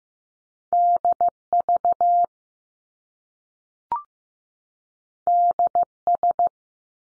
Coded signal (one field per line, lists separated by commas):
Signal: Morse code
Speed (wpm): 15 wpm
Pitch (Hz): 700 Hz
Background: none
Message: D VD S